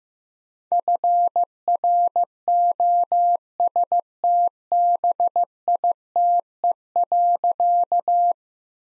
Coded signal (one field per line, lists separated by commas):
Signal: Morse code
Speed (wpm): 16 wpm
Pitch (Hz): 700 Hz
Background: none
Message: FROSTBITE.